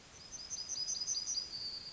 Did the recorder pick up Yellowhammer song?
yes